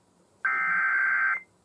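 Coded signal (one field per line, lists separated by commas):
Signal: Emergency Alert System (SAME) tones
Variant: header bursts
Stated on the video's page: Real child abduction emergency received on an FM radio station using a Sangean CL-100 radio.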